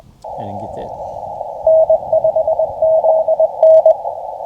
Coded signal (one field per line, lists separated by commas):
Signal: Morse code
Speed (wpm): 21 wpm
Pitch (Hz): 690 Hz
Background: speech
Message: N5ZN